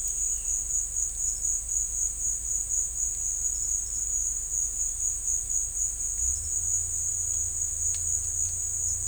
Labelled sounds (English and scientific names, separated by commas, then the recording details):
none
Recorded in secondary vegetation near Puerto Asís, Putumayo, Colombia, on 18 December 2024 at 14:30
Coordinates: 0.481, -76.318
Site G042